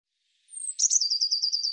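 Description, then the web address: Bird song: a thin, very high sliding whistle, then a burst of sharp notes that runs into a rapid, ringing trill repeated evenly to the end. "birddata Deverinetal 2025 Bird Cy Ca"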